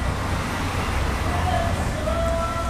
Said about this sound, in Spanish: Es que estamos en un cafecito y necesitamos... Y pasan los autos, entonces tenemos que esperar unos segundos para que, para que no haya tanto ruido.